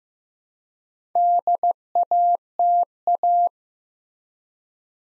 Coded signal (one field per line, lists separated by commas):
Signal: Morse code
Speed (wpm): 15 wpm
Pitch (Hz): 700 Hz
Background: none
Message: DATA